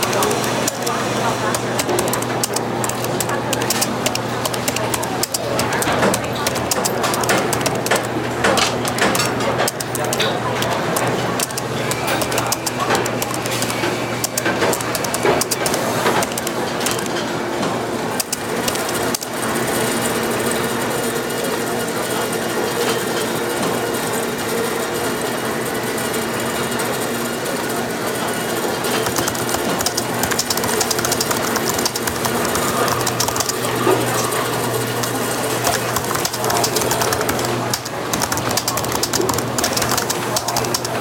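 Cafe sounds with soft chatter running steadily throughout, a dense, even wash of voices over a low, constant hum. Frequent sharp clinks and clatters of dishes punctuate it, with a steady mechanical whir, like a coffee machine, underneath.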